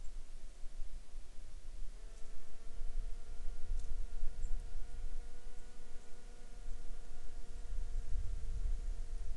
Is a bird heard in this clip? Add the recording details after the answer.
no. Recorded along the Dempster Highway, Canada, on 15 July 2019 at 12:12. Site 14